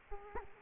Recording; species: mosquito wingbeat signal from an infrared sensor; Culex quinquefasciatus